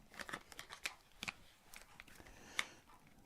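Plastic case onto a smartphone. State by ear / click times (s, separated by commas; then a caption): partly seated / 2.6 s. A cheap plastic case from a magic-trick gimmick is fitted onto a smartphone, with a series of light plastic clicks and rubbing sounds and a sharp snap at 2.6 s. The case snaps on poorly and only partly seats, not holding firmly.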